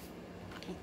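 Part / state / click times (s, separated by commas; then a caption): plastic attachment into cordless vacuum body / seated / 0.6 s. A plastic attachment is pushed onto the body of a cordless vacuum during unboxing. A short click at 0.6 s stands out over a low, steady background, and the click shows the attachment is seated.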